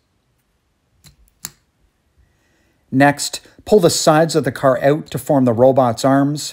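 The back end of a vintage 1980s GoBots Turbo (Machine Robo Supercar Robo), a diecast and plastic transforming toy car, is pulled down to form the robot's legs. After a faint click at about 1.3 s, a sharp click at 1.5 s marks the leg section locking into its robot-mode position. Someone then talks from about 2.9 s.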